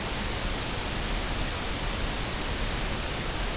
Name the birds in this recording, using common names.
none